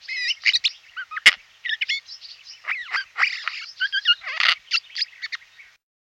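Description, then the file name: Eurasian jay producing a fast medley of chatters, clicks, squeaky whistles and a sharp snap, varied and continuous for about six seconds. "Skovskade"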